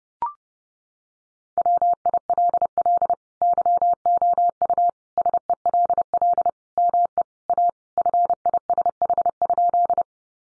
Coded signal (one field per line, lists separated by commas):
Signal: Morse code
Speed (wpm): 30 wpm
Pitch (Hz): 700 Hz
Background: none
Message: WILL YOU SELL ME A FISH?